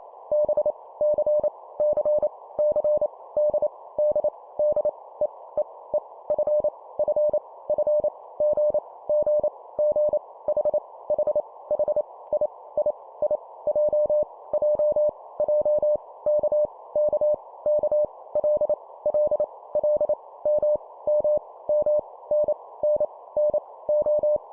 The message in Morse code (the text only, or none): B C C C D D D E E E F F F G G G H H H I I I J J J K K K L L L M M M N N N O